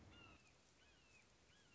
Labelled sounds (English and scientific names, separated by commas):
Red-shouldered Hawk (Buteo lineatus)